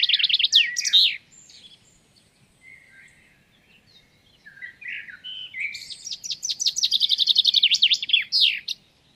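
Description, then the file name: Common chaffinch song: a phrase of rapid bright notes, softer twitters, then a longer phrase of repeated notes ending in a flourish. "Fringilla coelebs"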